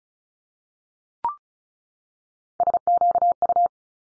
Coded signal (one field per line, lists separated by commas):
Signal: Morse code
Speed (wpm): 36 wpm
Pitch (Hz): 700 Hz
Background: none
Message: SQU